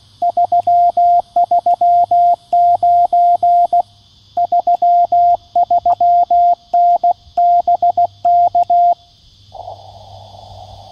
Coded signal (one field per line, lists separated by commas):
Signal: Morse code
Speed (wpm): 16 wpm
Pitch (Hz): 700 Hz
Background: radio noise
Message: 339 33N BK